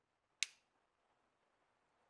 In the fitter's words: you hear that click this